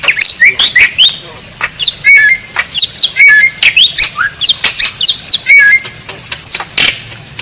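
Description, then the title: Bali myna song: dense stream of sharp chirps, squawks and short whistles, many rising or falling, with a few brief clear whistled phrases. Bali myna master song used for training other songbirds, described as a unique-sounding voice for champion competition birds. "Masteran Jalak Bali Yang BERSUARA UNIK Untuk Gacoran Juara"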